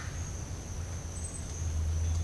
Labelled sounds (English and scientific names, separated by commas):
none